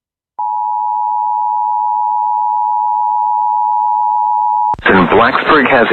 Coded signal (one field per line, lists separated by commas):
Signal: Emergency Alert System (SAME) tones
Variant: 853 and 960 Hz attention tone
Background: speech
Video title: HUGE VA SVR EAS #669